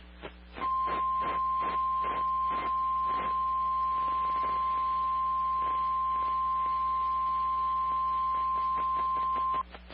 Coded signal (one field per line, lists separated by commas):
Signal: Emergency Alert System (SAME) tones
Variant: 1050 Hz attention tone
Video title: EAS 42 KIH35 RWT [ON MY PHONE RADIO, NO WEATHER RADIO TONES]